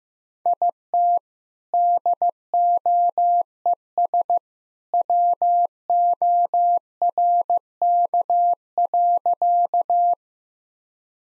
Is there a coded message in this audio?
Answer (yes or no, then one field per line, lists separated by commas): yes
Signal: Morse code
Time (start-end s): 0.5-10.1 s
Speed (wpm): 15 wpm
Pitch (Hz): 700 Hz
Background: none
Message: IT DOES WORK.